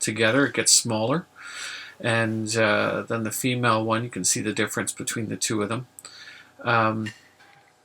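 A 5/16 Allen key turns the cam of a coffin (roto) lock joining two plywood riser parts, pulling the male hook toward its female half. Someone talks throughout, and one faint hit is heard. Nothing has seated or locked yet.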